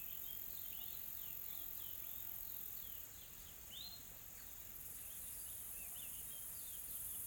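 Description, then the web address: Insects produce a continuous shrill buzzing backdrop, overlaid by many quick, repeated bird chirps and one clear upward whistle. Calm, soft insect ambience recorded in a tropical forest in South Africa. "Smart Sound FX - Nature South Africa AMBIENCE Additional Tropical Forest Soft Insects Calm"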